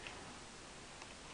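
A magazine is handled at the magazine well of an airsoft AK whose latch has been modified with extra grooves and made bigger. Steady broadband hiss fills the clip, with a faint brief tick near 0.1 s from handling. Nothing has seated or clicked yet.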